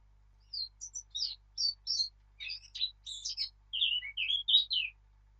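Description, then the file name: Eurasian blackcap warble of many rapid, varied notes, some thin and high, others fuller and clearer, ending in a short descending flourish. "Sylvia atricapilla"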